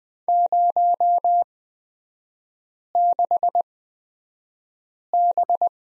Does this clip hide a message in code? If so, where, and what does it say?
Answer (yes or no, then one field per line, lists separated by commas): yes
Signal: Morse code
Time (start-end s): 0.3-5.7 s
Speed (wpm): 20 wpm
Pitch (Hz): 700 Hz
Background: none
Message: 06B